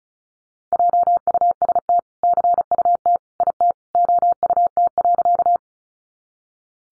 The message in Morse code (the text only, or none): JUST CUT IT OUT.